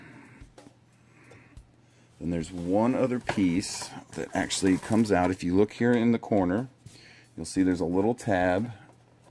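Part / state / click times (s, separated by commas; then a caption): plastic shelf tab into toy playset body / not seated / none. A small plastic tab in the corner of a Star Wars Episode 1 The Phantom Menace R2-D2 Carryall Playset is handled; it is meant to extend up and snap into the toy playset body to form a little shelf. Someone talks over light handling noise, with a brief faint tap near 0.6 s. The tab has not snapped into place yet, and nothing has seated or clicked.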